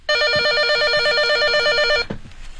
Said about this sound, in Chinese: 东哥，电话。 兄弟，你别急，你看看来电显示是谁来的电话。